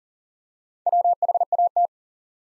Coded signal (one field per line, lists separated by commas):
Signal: Morse code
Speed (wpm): 40 wpm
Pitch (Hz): 700 Hz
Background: none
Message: WHAT